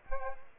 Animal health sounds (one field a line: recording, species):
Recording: mosquito wingbeat signal from an infrared sensor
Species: Aedes aegypti